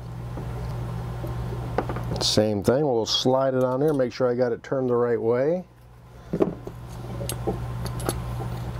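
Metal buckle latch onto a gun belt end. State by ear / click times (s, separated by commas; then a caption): seated / 7.3 s. Someone talks while a metal buckle is slid onto the ratchet track of a leather tactical gun belt and pushed in. Faint handling ticks follow. The buckle's small latch is flipped down and snaps into place with a sharp click at 7.3 s, leaving it seated.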